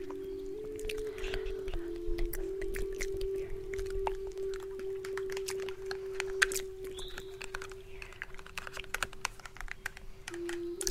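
A native flute holds one long, low note for the whole stretch, stepping slightly in pitch early on and dropping a little near the end. Over it come frequent dry clicks and taps, irregular and busy, like fingers on keys.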